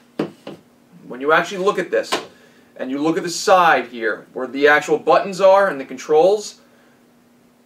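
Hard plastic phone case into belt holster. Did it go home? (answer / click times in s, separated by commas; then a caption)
yes / 0.2 s, 0.5 s. A hard plastic case on a Galaxy S8 Plus phone is slid into a plastic belt holster, where it snaps into place with two sharp clicks at 0.2 and 0.5 seconds. Someone then talks.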